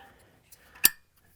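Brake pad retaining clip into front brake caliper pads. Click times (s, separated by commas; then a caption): 0.9 s. A directional metal brake pad retaining clip on a 2017–2024 Audi B9 A4, A5, Sportback or Allroad is slid between the front brake pads on the caliper. After a faint scrape, it snaps into place with a sharp, bright metallic click at 0.8 s. The clip is seated.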